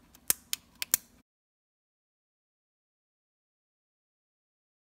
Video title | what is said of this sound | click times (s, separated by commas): Dell Inspiron 15-5000 15-3000 G7 15 G7 17 keyboard key and hinge clip Installation guide (DC57) | the key cap over the hinge and once the line push down and you should hear it snap into place please | 0.3 s, 0.9 s